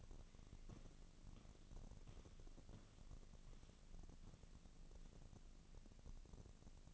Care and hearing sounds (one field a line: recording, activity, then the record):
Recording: daily activity, microphone in the room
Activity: walk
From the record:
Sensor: 4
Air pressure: 1013.0 hPa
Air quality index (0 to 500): 175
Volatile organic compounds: 2 ppm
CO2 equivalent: 1108 ppm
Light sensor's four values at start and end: 61/149/63/67 and 61/150/64/67